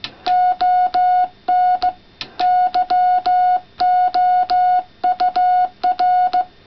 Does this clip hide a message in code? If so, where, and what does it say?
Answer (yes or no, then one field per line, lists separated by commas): yes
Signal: Morse code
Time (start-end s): 0.3-6.4 s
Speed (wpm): 16 wpm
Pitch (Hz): 730 Hz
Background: none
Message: ON YOUR